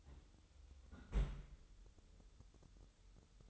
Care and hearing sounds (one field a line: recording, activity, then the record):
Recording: daily activity, microphone in the room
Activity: close fridge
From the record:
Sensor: 3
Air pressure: 988.4 hPa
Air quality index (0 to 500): 194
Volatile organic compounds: 299 ppm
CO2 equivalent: 4479 ppm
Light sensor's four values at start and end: 25/79/33/28 and 25/79/33/28